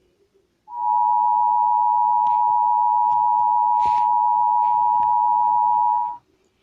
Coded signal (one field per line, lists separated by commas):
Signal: Emergency Alert System (SAME) tones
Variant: 853 and 960 Hz attention tone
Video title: EAS Tornado Warning VALID TONES